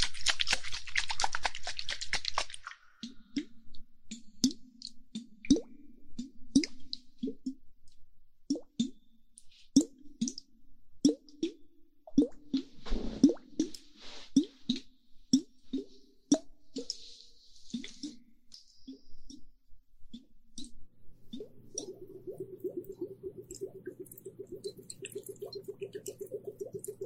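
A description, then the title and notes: Water droplets plop and drip in an irregular patter, several per second, each a short bright tick with a low knock beneath. A hissing rush opens the first few seconds, a brief scraping burst comes near thirteen seconds, and a steady low hum enters toward the end. Water droplets and hourglass, use various ear-picking tools to stimulate the inside and outside of the ear hole.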